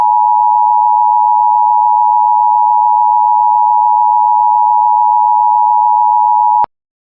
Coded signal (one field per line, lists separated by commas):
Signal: Emergency Alert System (SAME) tones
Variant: 853 and 960 Hz attention tone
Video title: EAS Child Abduction Emergency (AMBER Alert) Columbus, Ohio (Franklin County)